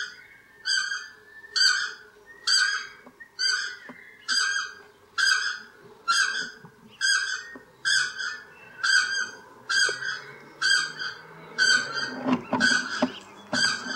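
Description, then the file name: South Island takahe uttering a long, very regular series of harsh honking notes about one per second, with clattering and rustling noises near the end. "Notornis"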